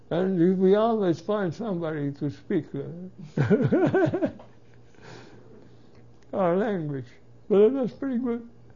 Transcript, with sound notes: and we always find somebody to speak with (he laughs) our language. That's pretty good.